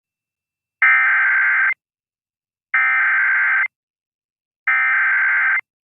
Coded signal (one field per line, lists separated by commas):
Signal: Emergency Alert System (SAME) tones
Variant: header bursts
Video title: EAS for @brassmonkeyheheha 's Analog Horror thing